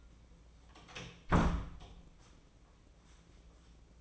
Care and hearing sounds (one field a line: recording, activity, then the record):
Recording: daily activity, microphone in the room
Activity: close door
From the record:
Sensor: 1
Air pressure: 1012.4 hPa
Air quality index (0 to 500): 165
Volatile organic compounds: 3 ppm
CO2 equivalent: 1356 ppm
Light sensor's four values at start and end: 593/1381/614/738 and 597/1391/618/743